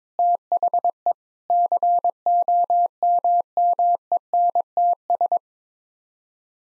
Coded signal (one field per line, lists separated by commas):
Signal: Morse code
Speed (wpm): 22 wpm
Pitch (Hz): 700 Hz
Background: none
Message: THE COMMENTS